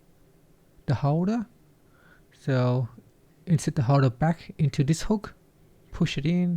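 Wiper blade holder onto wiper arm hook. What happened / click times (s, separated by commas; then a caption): The holder is being handled but has not seated yet / none. Someone talks while a windshield wiper blade holder for a 2019–2025 Toyota RAV4 is inserted back into the hook on the wiper arm and pushed in. Nothing has seated or clicked yet.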